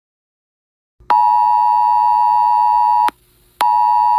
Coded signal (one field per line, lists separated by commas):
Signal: Emergency Alert System (SAME) tones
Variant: 853 and 960 Hz attention tone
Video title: WEA Alerts EAS Timeline Tornado Warning On 03-27-21.